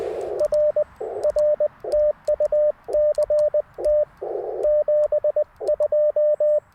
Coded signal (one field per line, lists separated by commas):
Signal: Morse code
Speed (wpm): 19 wpm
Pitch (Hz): 590 Hz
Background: radio noise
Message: R R TU CT 72